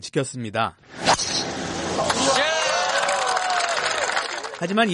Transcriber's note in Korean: 녹취: 골프장 현장음